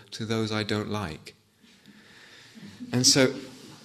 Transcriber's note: laughter